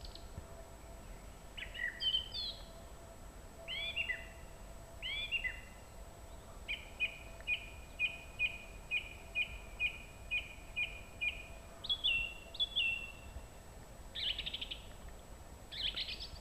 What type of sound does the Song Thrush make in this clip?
song